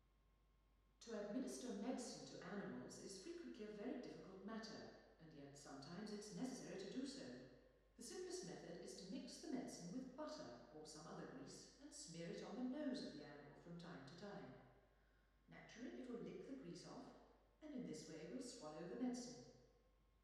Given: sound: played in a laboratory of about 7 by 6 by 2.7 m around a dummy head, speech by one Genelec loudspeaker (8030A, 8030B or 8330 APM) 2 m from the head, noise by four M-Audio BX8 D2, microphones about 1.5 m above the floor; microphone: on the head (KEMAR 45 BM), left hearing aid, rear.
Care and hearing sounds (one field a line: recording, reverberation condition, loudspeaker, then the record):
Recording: female speech in English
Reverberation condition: high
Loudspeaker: 150 degrees to the right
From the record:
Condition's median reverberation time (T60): about 1300 ms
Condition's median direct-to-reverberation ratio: about -4.0 dB